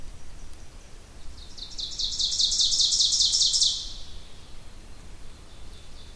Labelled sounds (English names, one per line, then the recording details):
Ovenbird song
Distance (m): 15 m
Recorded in boreal forest in Alberta, Canada, on 2 June 2016 at 06:45
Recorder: SongMeter 3, array SBT-3-7
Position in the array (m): 193 m, 4 m
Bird 6